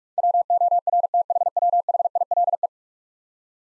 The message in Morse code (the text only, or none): WORTHWHILE